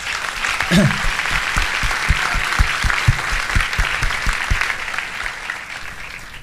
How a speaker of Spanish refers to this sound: Esta es una maravillosa pareja que ha sido nuestra guía, nuestro ejemplo y unos líderes impresionantes, por los que quiero un gran aplauso para ellos.